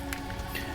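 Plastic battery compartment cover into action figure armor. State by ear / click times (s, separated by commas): seated / 0.1 s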